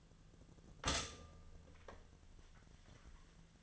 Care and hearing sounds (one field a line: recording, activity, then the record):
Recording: daily activity, microphone in the room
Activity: stop toaster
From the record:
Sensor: 4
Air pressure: 1010.2 hPa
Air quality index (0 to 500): 179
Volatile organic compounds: 5 ppm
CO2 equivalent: 1807 ppm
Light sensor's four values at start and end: 24/71/28/28 and 26/79/31/30